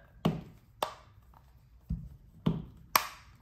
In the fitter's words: good click good feel